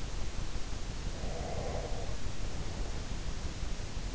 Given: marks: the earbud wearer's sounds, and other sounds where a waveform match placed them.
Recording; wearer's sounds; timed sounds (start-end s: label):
sounds in sleep by an in-ear microphone; breath
1.14-3.06 s: breath